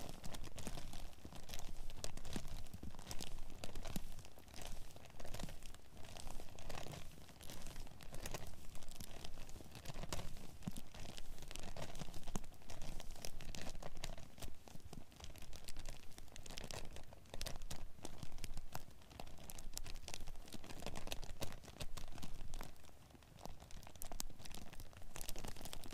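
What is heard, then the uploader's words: Plastic bags crinkle and rustle continuously for the whole stretch, dense crackling with brief bursts of louder handling and short quieter pauses. Crinkling Plastic Bags. We listen to the sound of multiple plastic bags being fiddled and played with. This is a binaural recording.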